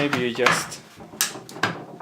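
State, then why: Seated. A plastic leg is pressed onto the body socket of a Mattel Super Colossal Tyrannosaurus Rex toy while someone talks. Sharp plastic clicks are heard at 1.2 s and 1.6 s, and the leg clicks into place on the toy's body.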